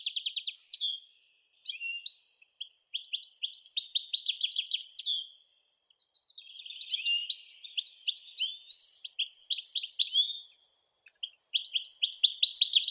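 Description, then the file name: European goldfinch: long bouts of high, liquid twittering with buzzy trills, broken by a few brief pauses. "Golosa ptic - CSHegol Carduelis carduelis"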